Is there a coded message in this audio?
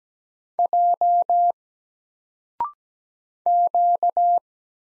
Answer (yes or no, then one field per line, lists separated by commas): yes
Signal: Morse code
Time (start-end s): 0.6-4.4 s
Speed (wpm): 17 wpm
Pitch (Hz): 700 Hz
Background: none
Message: J Q